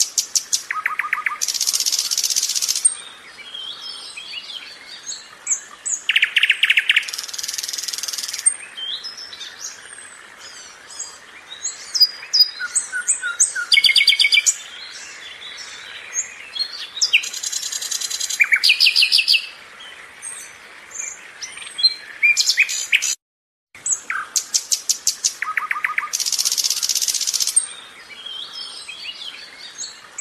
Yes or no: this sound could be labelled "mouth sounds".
no